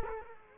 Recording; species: mosquito wingbeat signal from an infrared sensor; Culex quinquefasciatus